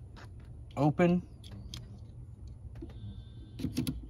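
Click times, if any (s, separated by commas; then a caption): 3.9 s. A new windshield wiper blade's plastic adapter is pushed onto the metal wiper arm hook of a BMW Z3 M Coupe while someone talks. Light handling clicks and rattles lead up to a sharp snap at 3.9 s as the adapter latches onto the arm and is fully seated.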